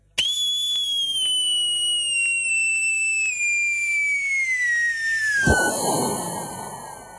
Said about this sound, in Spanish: Grabá que metro y medio te regala la pirotecnia de las 12.